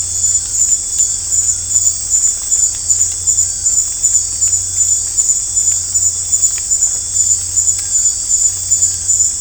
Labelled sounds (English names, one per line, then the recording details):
none
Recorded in dense forest near Puerto Asís, Putumayo, Colombia, on 22 December 2024 at 18:30
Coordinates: 0.503, -76.323
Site G043